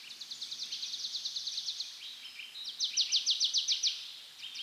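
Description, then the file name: Marsh tit calls: two fast runs of short, high, clipped notes, the second run louder and more even, with a faint call at the end. "Poecile palustris"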